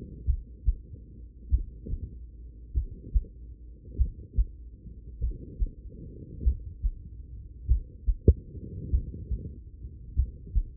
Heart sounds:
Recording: heart sounds by stethoscope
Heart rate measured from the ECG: 49 bpm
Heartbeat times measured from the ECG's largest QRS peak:
0.25 s: heartbeat
1.49 s: heartbeat
2.72 s: heartbeat
3.96 s: heartbeat
5.19 s: heartbeat
6.42 s: heartbeat
7.66 s: heartbeat
8.90 s: heartbeat
10.14 s: heartbeat
From the record:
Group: heart failure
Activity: rest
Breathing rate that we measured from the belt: 27 breaths a minute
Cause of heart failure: idiopathic cardiomyopathy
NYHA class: 2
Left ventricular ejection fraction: 53%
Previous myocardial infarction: absent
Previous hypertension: present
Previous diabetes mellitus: absent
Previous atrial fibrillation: present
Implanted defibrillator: absent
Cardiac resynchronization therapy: absent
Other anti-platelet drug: absent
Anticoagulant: apixaban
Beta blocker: bisoprolol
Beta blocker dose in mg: 2.5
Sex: female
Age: 67 years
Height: 150 cm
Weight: 81 kg

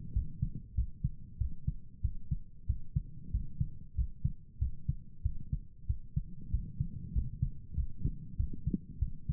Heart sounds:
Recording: heart sounds by stethoscope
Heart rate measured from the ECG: 95 bpm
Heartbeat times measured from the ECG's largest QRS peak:
0.13 s: heartbeat
0.74 s: heartbeat
1.37 s: heartbeat
2.01 s: heartbeat
2.66 s: heartbeat
3.31 s: heartbeat
3.95 s: heartbeat
4.58 s: heartbeat
5.22 s: heartbeat
5.86 s: heartbeat
6.50 s: heartbeat
7.12 s: heartbeat
7.74 s: heartbeat
8.36 s: heartbeat
8.98 s: heartbeat
From the record:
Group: healthy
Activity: rest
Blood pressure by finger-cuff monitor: 105/71 mmHg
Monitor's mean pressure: 81 mmHg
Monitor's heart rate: 97 bpm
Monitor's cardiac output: 7.6 L/min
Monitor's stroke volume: 81 mL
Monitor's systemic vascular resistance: 770 dyn s/cm5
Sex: male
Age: 19 years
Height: 178 cm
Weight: 83 kg

